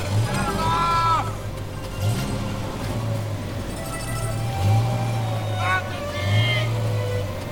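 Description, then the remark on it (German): A taxi's engine hums with a steady low drone that swells and dips slightly, while people talk over it throughout, in the icy cold steppe. “Brauchen Sie ein Taxi, Kommissar?”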